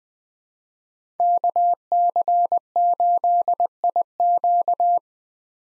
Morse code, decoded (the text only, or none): KC8IQ